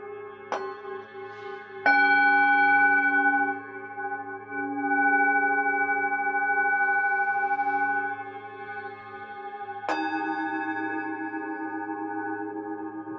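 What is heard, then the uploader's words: Tibetan singing bowls ring out in long, steady tones, struck at about 0.5, 2 and 10 seconds, each strike swelling then slowly fading. Tibetan Sound Bathing.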